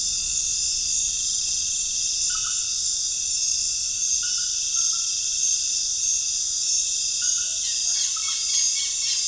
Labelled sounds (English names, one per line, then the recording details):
none
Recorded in pastures near Puerto Asís, Putumayo, Colombia, on 25 June 2025 at 19:00
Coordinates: 0.466, -76.322
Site GP07